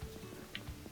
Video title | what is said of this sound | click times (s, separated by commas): Whirlpool Washer Won’t Agitate Or Spin | and it locks in i'm using two thumbs | 0.6 s